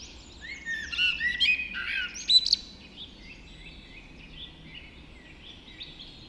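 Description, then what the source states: Birds singing a dawn chorus, a lively burst of several overlapping songs with sharp chirps, fading to soft warbles afterwards. Dawn chorus just after dawn in the Forest of Dean.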